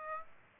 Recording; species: mosquito wingbeat signal from an infrared sensor; Aedes aegypti